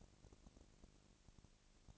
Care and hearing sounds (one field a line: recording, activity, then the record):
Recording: daily activity, microphone in the room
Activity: no activity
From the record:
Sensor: 4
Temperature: 22.3 degrees Celsius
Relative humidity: 31.9%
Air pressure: 998.0 hPa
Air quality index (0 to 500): 203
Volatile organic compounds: 17 ppm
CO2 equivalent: 2570 ppm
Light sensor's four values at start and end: 2/3/1/1 and 2/3/1/1